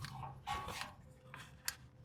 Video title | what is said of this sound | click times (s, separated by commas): Ford Expedition 3.5l Ecoboost passenger side O2 replacement | there we go. Heard it click, so it's back in there. | 1.7 s